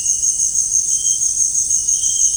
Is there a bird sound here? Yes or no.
no